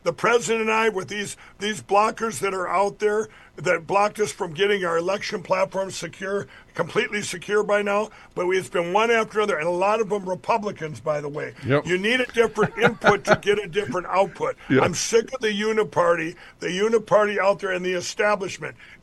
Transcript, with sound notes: The president and I with these, these blockers that are out there, that blocked us from getting our election platforms secure, completely secure by now, but we, it's been one after another, and a lot of them Republicans, by the way.
Yep. (laughs)
You need a different input to get a different output.
Yes.
I'm sick of the uni-party, the uni-party out there and the establishment.